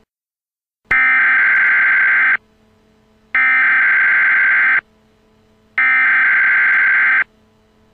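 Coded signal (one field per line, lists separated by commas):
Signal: Emergency Alert System (SAME) tones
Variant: header bursts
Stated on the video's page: Simulated EAS alert for a fictional nuclear missile attack scenario.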